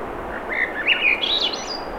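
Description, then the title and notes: Swainson's thrush song, a single upward-spiralling series of breezy, flutelike notes climbing steadily higher, over a constant hiss of surf. Singing at 7:15 pm, Wednesday 7 June 2017, low 50s, clear skies, between tides; Sun Dew Trail near Ocean Beach, Schoodic Peninsula, Acadia NP, Maine; Fostex FR2, ME 66; high-pass filtered against surf. "Swainson's Thrush singing Wednesday June 7, 2017 7:15 pm temperature low 50s clear skies between the tides Sun Dew Trail where it intersects with trail to Ocean Beach Schoodic Pennisula Acadia National Park Winter Harbor, ME"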